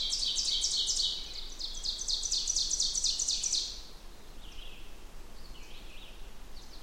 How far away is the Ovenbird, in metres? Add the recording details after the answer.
about 35 m. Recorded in boreal forest in Alberta, Canada, on 16 June 2016 at 08:43. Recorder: SongMeter 3, array SBT-3-32. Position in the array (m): 178 m, 34 m. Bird 36